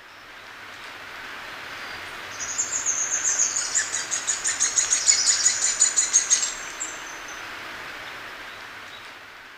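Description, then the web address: Red-faced spinetail giving one long, high trill of rapid notes lasting about four seconds, swelling in loudness, against a noisy background. Ecuador. "Birds of Ecuador. Red-faced Spinetail"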